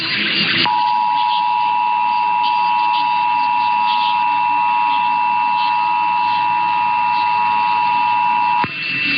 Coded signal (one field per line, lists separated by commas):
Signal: Emergency Alert System (SAME) tones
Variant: 853 and 960 Hz attention tone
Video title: Connecticut and Pennsylvania Monthly (EAS #610-618) 8/14/24